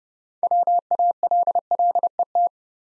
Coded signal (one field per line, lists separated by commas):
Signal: Morse code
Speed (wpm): 30 wpm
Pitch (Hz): 700 Hz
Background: none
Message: WALLET